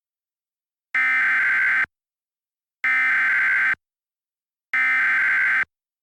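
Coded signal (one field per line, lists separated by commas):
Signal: Emergency Alert System (SAME) tones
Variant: header bursts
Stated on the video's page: Simulated wildfire EAS scenario.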